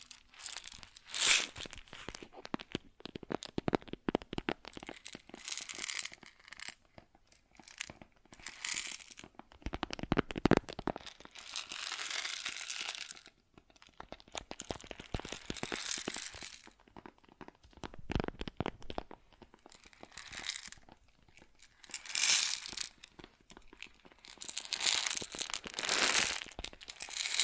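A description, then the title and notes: Grain sounds: dense, irregular bursts of crunching and crinkling rustle that come and go throughout. Bright, hissy pours swell around 10, 13, 18 and 25 seconds, separated by sparser ticking and crackling grains with brief quieter gaps. ASMR Grain Sounds (No Talking).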